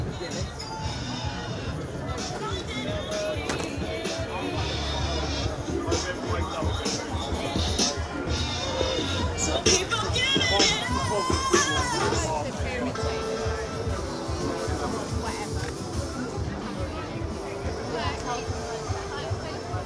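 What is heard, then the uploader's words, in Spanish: A night walk through the Glastonbury festival grounds, from the big GLASTONBURY sign by the Park Stage toward a tent. Dense, overlapping crowd chatter fills all twenty seconds, with a steady low rumble beneath and a livelier swell of voices around the middle. Caminata Nocturna Glastonbury 2014. Caminando desde el gran letrero que dice GLASTONBURY junto al Park Stage hasta mi carpa.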